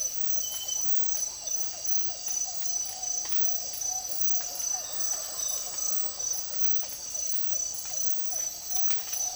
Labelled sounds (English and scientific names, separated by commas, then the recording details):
none
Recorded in dense forest near Puerto Asís, Putumayo, Colombia, on 24 March 2025 at 06:00
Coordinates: 0.503, -76.323
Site GP09